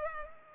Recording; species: mosquito wingbeat signal from an infrared sensor; Culex pipiens